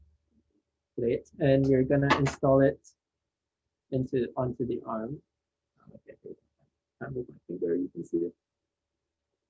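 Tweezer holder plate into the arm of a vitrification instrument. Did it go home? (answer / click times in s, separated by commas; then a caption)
no / none. A tweezer holder plate is handled as it is fitted onto the arm of a vitrification instrument during a cryo-EM plunge-freezing demonstration. Someone talks throughout, with faint brief handling sounds near 6.0 and 6.3 seconds. The plate has not clicked or seated onto the arm yet.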